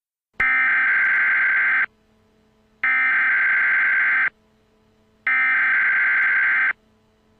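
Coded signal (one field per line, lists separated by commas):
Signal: Emergency Alert System (SAME) tones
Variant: header bursts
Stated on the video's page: Remake of an earlier mock alert.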